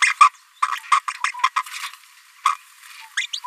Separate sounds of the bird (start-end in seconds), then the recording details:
0.01-0.13, 0.20-0.29, 0.62-0.68, 0.91-0.99, 1.24-1.31, 1.56-1.62, 2.45-2.49, 3.17-3.26, 3.33-3.39. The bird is a female. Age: 27 days. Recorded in a nest box in Venezuela. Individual 17B73B2